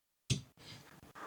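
The second leg of a pollilar 27.5-inch bar-height folding cocktail table is pressed in and slid down into its mount on the table base, locking in place with a sharp snap at 0.3 s. Quieter handling noise follows until the clip ends.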